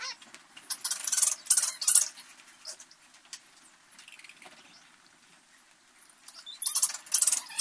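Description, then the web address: Greater spear-nosed bat calls, rapid high clicks and buzzy chatter in irregular bursts, loudest near the start and end, quieter in the middle. South American rainforest mammal. "Natures Songs S America Mammals of the Rainforest Greater spear-nosed bat"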